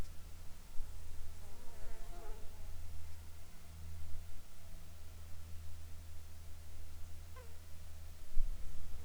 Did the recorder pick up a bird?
no